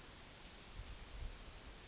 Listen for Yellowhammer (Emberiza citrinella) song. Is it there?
no